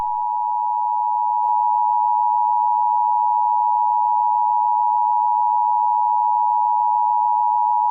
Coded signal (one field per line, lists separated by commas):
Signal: Emergency Alert System (SAME) tones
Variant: 853 and 960 Hz attention tone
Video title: Eas Scenario #2: The Californian Zombie Apocalypse